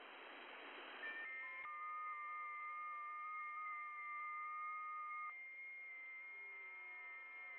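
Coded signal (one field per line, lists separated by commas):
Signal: FT8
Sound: brief hiss, then several overlapping soft steady tones warbling in small steps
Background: radio static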